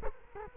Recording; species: mosquito wingbeat signal from an infrared sensor; Culex quinquefasciatus